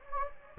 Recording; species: mosquito wingbeat signal from an infrared sensor; Anopheles gambiae